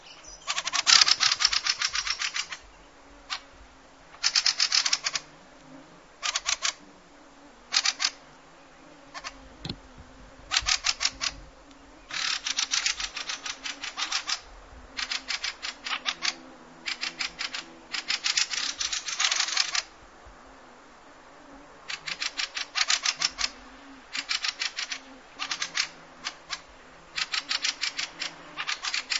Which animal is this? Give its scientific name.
Turdus pilaris